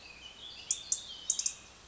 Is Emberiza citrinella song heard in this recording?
no